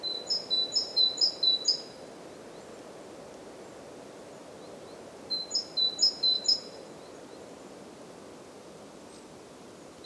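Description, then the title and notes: Great tit singing two short strophes of ringing two-note phrases, separated by a long quiet gap. Recorded at Głodówka, Žilina Region, Slovakia, with a Zoom F3 recorder and Usi Pro microphones. "Głodówka, Kraj żyliński, Słowacja - Great voice of a great tit. Recordist: Maciej Wirmański"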